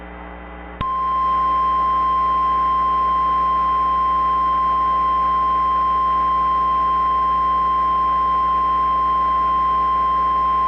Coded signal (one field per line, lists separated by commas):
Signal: Emergency Alert System (SAME) tones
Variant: 1050 Hz attention tone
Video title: EAS Simulacion - EAS mock: por que es AM si es PM?... configure la hora de tv a am en lugar de pm